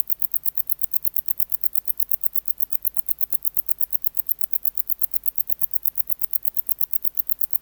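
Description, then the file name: Wart-biter song, sustained high-pitched ticking repeated evenly across the whole stretch, over a faint low hum. "Decticus verrucivorus"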